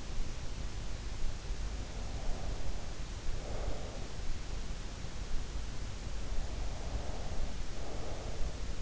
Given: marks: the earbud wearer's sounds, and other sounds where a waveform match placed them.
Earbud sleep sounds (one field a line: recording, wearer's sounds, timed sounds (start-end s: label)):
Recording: sounds in sleep by an in-ear microphone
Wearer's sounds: breath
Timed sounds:
2.14-4.10 s: breath
6.24-8.82 s: breath